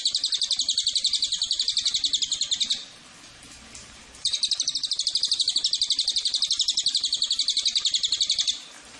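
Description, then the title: Cililin giving two long, high, rapid pulsed trills separated by a short pause, each note sharp and buzzy. Lure recording (pancingan) and master recording of the Cililin. "MASTERAN SUARA BURUNG CILILIN BISA JUGA PANCINGAN CILILIN"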